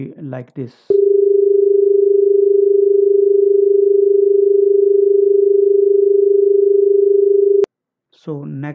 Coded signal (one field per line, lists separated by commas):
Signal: telephone call progress tone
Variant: Japan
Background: speech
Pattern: dial tone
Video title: Lecture 29 : Telephony-I : Telephone Transmitter and Receiver